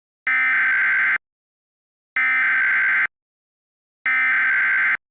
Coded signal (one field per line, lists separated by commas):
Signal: Emergency Alert System (SAME) tones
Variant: header bursts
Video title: EAS Scenario - Fast and Furry-ous (A "Looney Tunes" Scenario)